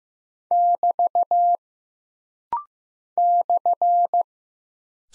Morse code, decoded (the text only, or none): <BT> /